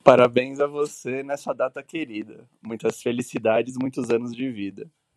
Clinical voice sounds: short text; Brazilian Portuguese; male; 40 to 49 years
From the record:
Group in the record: control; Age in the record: 43 years

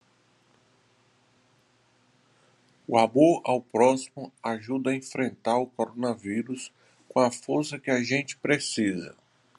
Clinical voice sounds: spoken sentence; Brazilian Portuguese; male; 50 to 59 years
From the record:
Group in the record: control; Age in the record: 50 years

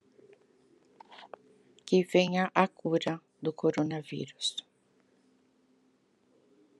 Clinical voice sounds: spoken sentence; Brazilian Portuguese; female; 60 to 69 years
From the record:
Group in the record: control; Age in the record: 63 years

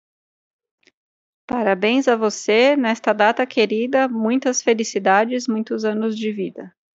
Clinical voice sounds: short text; Brazilian Portuguese; female; 30 to 39 years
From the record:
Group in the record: control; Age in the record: 33 years

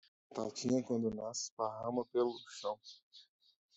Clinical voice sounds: short text; Brazilian Portuguese; male; 30 to 39 years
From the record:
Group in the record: control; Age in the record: 30 years

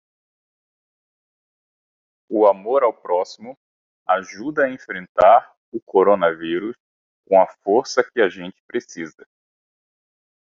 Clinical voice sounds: spoken sentence; Brazilian Portuguese; male; 30 to 39 years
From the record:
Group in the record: control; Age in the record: 35 years

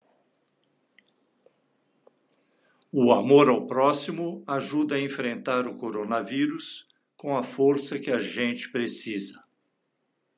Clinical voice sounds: spoken sentence; Brazilian Portuguese; male; 60 to 69 years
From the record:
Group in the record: control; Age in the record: 67 years

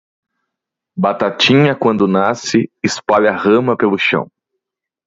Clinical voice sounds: short text; Brazilian Portuguese; male; 30 to 39 years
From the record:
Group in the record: control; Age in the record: 37 years

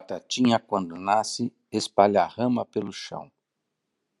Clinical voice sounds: short text; Brazilian Portuguese; male; 50 to 59 years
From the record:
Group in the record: control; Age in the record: 56 years

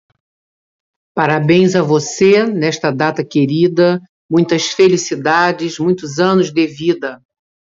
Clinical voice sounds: short text; Brazilian Portuguese; female; 60 to 69 years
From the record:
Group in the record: control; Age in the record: 61 years

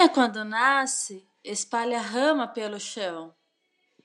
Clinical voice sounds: short text; Brazilian Portuguese; female; 30 to 39 years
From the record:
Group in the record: control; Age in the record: 37 years

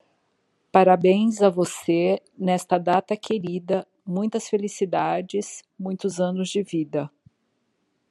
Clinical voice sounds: short text; Brazilian Portuguese; female; 50 to 59 years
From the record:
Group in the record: control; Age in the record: 57 years

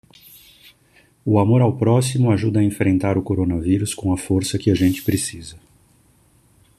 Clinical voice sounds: spoken sentence; Brazilian Portuguese; male; 50 to 59 years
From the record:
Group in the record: control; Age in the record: 54 years

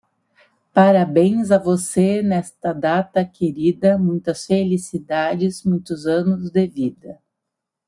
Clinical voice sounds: short text; Brazilian Portuguese; female; 40 to 49 years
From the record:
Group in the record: control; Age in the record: 44 years

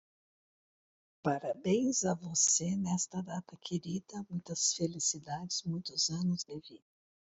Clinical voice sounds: short text; Brazilian Portuguese; female; 60 to 69 years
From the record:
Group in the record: control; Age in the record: 65 years

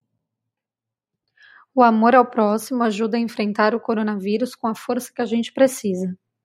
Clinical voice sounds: spoken sentence; Brazilian Portuguese; female; 30 to 39 years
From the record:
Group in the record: control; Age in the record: 33 years

